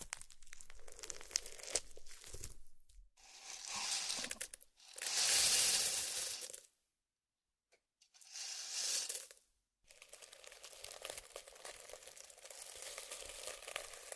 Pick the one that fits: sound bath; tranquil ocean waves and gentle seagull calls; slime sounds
slime sounds